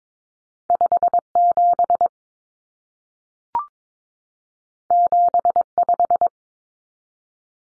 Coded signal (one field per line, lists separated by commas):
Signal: Morse code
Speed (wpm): 22 wpm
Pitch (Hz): 700 Hz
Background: none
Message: 57 75